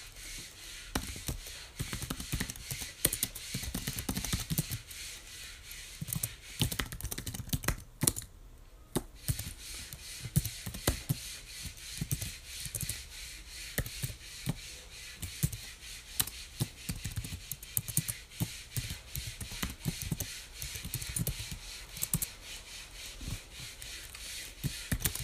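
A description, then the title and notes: Busy keyboard typing with rapid irregular clicks throughout, a brief pause near eight seconds. Typing.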